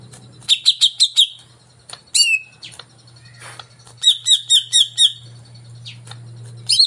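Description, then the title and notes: Greater green leafbird song with quick repeated chipping bursts, a falling whistle, then another rapid series of ringing notes, over a constant low drone. Song of a singing-active (gacor) bird played as a lure (pancingan) to prompt a caged cucak ijo to sing when hung up. "Pancingan CUCAK IJO Mau Di Gantang. Cucak Ijo Gacor"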